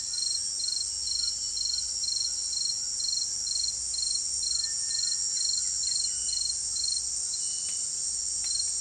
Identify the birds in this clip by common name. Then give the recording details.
White-throated Toucan, Cinereous Tinamou, White-winged Becard. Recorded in secondary vegetation near Puerto Asís, Putumayo, Colombia, on 29 June 2025. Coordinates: 0.488, -76.319. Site G094